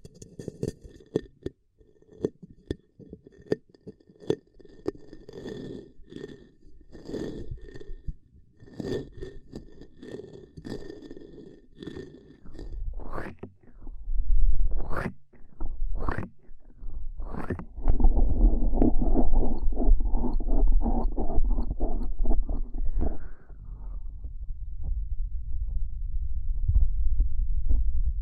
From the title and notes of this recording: Extremely Tingly Ear Cupping Triggers ASMR (No Talking).